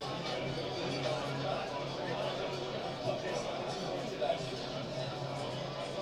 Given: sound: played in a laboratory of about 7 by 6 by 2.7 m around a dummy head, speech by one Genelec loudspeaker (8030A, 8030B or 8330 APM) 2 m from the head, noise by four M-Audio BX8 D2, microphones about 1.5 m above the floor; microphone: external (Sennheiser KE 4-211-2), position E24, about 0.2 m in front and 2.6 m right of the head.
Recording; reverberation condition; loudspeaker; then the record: cafeteria noise; low; four, about 170 cm from the corners of the room and facing them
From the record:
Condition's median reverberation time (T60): about 310 ms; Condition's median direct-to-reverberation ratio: about 3.5 dB